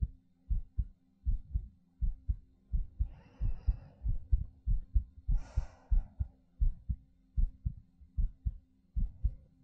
ASMR Heartbeat Breathing.